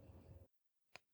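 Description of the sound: A girl with Tourette syndrome speaks briefly, then after a short pause makes a single sharp clicking vocal tic.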